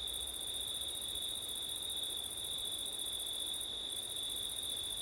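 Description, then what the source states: Crickets keep up an unbroken high trill with an even shriller band above, the top layer dipping briefly toward the end. September night, with wind; ortif recording.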